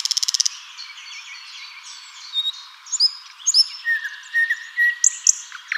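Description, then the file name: Common nightingale singing, opening with a quick burst of sharp repeated notes, then soft drawn-out whistles and scattered high chirps. "Luscinia megarhynchos"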